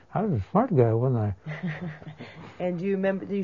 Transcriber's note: laughs